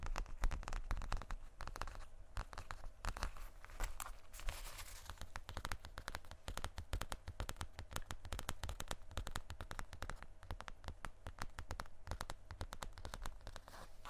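Tapping on assorted objects, a rapid, dense stream of sharp clicks and knocks with no pause across the whole stretch. The hits come irregularly, some crisp and bright, others duller, over a steady low rumble underneath.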